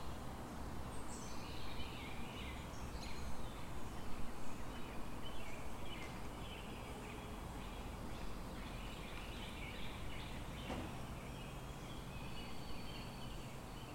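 A backyard outdoors with a steady low rumble of noise underneath. Birds chirp and call throughout, brightest and busiest in the first half, with a brief sharp click near the ten-second mark. A thin high tone lingers toward the end.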